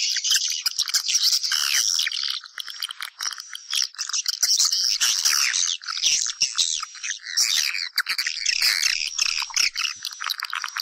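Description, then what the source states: Swiftlets give shrill chirps and buzzy twittering in waves, with scattered sharp clicks. Lure sound used to attract swiftlets for nest farming.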